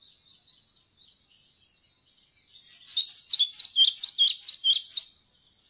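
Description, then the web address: European pied flycatcher song: after faint thin notes, a clear two-and-a-half-second phrase of about ten sweet, sharply downslurred notes, evenly spaced and slightly varied in pitch. "fuglelyder svarthvit-fluesnapper"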